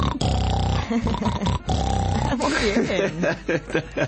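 Loud, rasping snoring sounds, deep grunting rumbles repeated in quick succession, layered over a steady musical backing that fills the whole stretch: a recording of snoring set to music.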